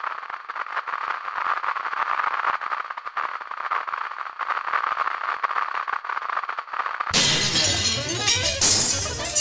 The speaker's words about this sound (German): Die Steine. Die Steine, die sie geworfen hatte. Das klirrende Glas. Die fallenden Scherben erschreckten die Menge.